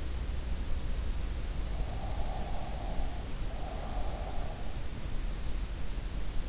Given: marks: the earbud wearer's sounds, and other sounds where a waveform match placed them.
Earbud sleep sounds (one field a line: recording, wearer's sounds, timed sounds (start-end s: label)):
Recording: sounds in sleep by an in-ear microphone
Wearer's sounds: breath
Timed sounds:
1.92-4.51 s: breath